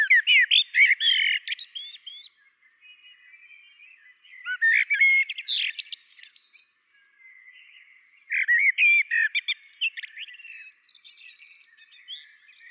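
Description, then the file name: Common blackbird song, three loud phrases of rich warbled notes topped by shrill twittering, with short pauses between them. "Turdus merula"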